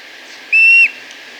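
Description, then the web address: Streak-throated bush-tyrant calling once: a pure, steady whistled note held briefly, then dropping slightly at the end, over faint background hiss. Recorded in Ecuador. "Birds of Ecuador 3. Streak-Throated Bush-Tyrant"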